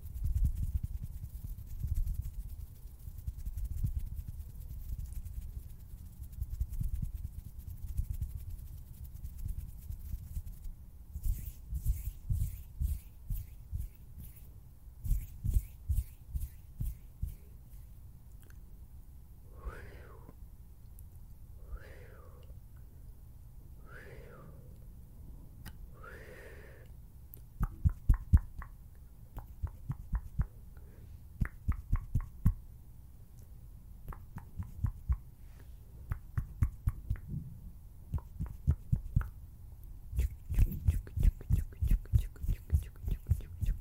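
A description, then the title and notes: Finger fluttering makes a dense run of soft, fast, regular taps, heavy and low at first, then brighter and sharper from about 11 seconds. Around 20 to 27 seconds the tapping thins out to four short, hollow, whistly swoops, before rapid crisp flutters return and keep going to the end. FINGER FLUTTERING.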